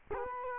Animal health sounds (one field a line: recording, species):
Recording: mosquito wingbeat signal from an infrared sensor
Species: Culex quinquefasciatus